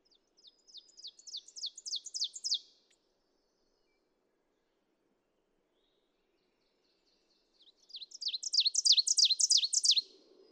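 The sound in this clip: Ovenbird song: two bursts of rapid, repeated high two-note phrases, each series swelling in loudness over about two and a half seconds, separated by a long quiet gap.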